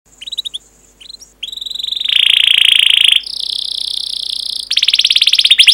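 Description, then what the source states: Canary song: short twittering bursts, then a long buzzy rolling trill, a steadier high roll, and finally a fast pulsed rattle of rapidly repeated notes. Long 'pancingan' (lure) canary song, a tutor recording.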